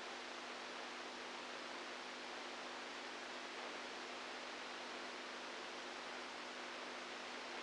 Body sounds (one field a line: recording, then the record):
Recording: brain microelectrode recording played as sound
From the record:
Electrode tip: outside the subthalamic nucleus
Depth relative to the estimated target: 1 mm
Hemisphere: right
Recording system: NeuroSet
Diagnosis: Parkinson's disease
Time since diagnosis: 10 years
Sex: female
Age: 67 years